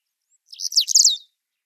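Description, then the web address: Cinnamon-breasted bunting giving one brief, high-pitched burst of rapid chirpy notes lasting under a second, against silence. "Schulze Peter Cinnamon-breasted Bunting calls"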